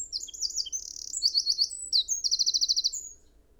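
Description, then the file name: Eurasian wren song, a loud burst of shrill, rapid notes broken by fast mechanical trills, stopping sharply near three seconds and leaving quiet. "Troglodytes troglodytes"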